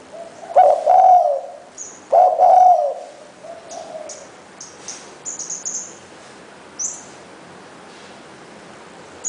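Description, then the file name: Spotted dove with two loud husky coos and a faint follow-up note, then high brief chirps from other birds. "นกเขาใหญ่"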